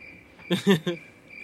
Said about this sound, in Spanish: Voy a seguir con estos grillos.